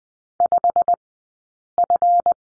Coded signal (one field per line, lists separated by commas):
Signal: Morse code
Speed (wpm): 20 wpm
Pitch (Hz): 700 Hz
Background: none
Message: 5F